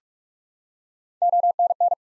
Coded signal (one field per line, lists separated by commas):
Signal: Morse code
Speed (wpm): 46 wpm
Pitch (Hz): 700 Hz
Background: none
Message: ONN